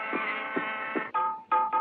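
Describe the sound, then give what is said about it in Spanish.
Nasal, buzzy duck quacks played musically, a steady honking tone pulsing in an even beat, then breaking into a few separate, louder quacks at the end. “Patos.”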